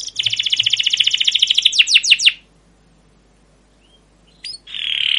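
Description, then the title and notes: Canary song: a fast buzzy trill of repeated notes for two seconds, then a few descending sweeps, a pause, and a short high trill starting again at the end. Song used as a lure and master recording for training young canaries to learn sounds; emotional, long chirping 'cuit cuit' style song. "CUIT CUIT NGEROL LANGSUNG GACOR PANJANG Kenari Ini AMPUH Utk Pancingan KENAR. PANCINGAN Kenari GACOR PANJANG Cuit CUIT EMOSI ini AMPUH utk MASTERAN Kenari PAUD belajar BUNYI. burung kenari"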